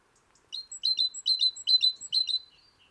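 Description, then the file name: Great tit calling with a rapid series of sharp, high chattering notes and brief whistled pips, delivered in regular bursts for about two seconds. "Parus major"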